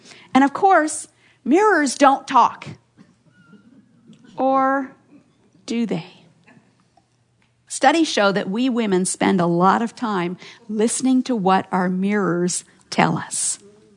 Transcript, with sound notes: And, of course, mirrors don’t talk! (laughter) Or... do they? Studies show that we women spend a lot of time listening to what our mirrors tell us.